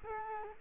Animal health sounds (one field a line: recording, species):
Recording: mosquito wingbeat signal from an infrared sensor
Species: Culex quinquefasciatus